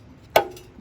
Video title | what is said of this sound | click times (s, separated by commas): 2004 Weedeater 20" - B&S Classic, new pull cord, primer, carb diaphragm, and Basic Service | push it into it snaps | 0.4 s